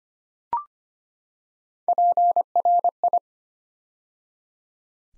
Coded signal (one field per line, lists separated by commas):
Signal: Morse code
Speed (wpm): 25 wpm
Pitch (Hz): 700 Hz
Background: none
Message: PRI